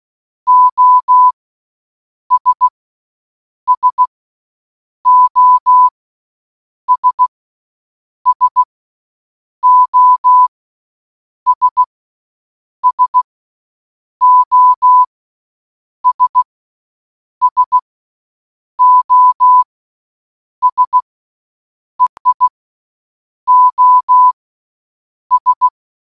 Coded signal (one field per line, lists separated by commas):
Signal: Morse code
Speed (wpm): 16 wpm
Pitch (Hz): 1000 Hz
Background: none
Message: OS SOS SOS SOS SOS EI OS